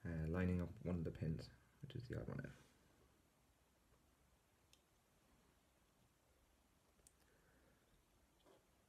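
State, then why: Not seated. A DCC sound decoder chip is lined up over its socket pins in a model locomotive chassis before being pushed down. Someone talks for the first few seconds, then it goes quiet apart from faint ticks around 4.7 s and 7.1 s. The chip has not been pressed home and nothing has clicked into place yet.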